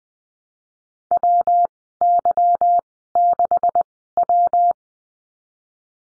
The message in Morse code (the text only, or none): W Y 6 W